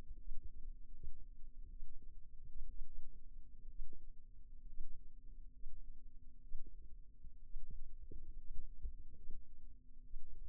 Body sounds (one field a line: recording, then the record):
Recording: forearm muscle sounds (acoustic myography)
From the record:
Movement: rest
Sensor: system 2, bracelet of six BSWA MPA416 microphones around the upper forearm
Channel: 1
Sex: female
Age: 22 years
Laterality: right